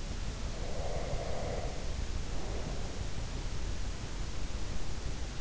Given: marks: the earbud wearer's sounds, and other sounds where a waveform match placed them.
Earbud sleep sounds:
sounds in sleep by an in-ear microphone; breath
0.52-3.06 s: breath

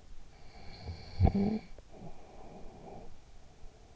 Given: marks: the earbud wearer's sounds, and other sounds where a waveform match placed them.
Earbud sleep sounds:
sounds in sleep by an in-ear microphone; snoring breath
0.27-3.70 s: snoring breath

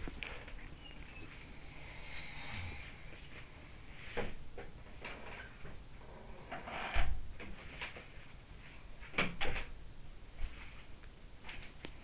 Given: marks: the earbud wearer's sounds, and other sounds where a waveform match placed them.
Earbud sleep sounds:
sounds in sleep by an in-ear microphone; body movement
0.00-12.04 s: body movement
1.69-3.21 s: sound from someone else or the room

